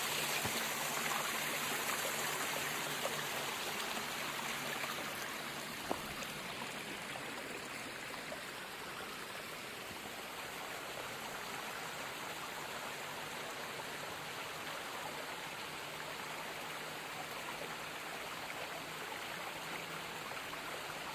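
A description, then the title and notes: On a fall nature walk, a stream rushes steadily and densely throughout, with a faint low hum and one brief click near six seconds. Nature Walkabout in Fall.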